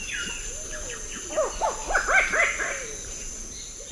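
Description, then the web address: Sungrebe call: a quick series of arched, barking notes with higher chirps mixed in, over a steady hiss. Call, recorded in the eastern lowlands of South America. "Natures Songs S America Eastern Lowlands Heliornis fulica, call"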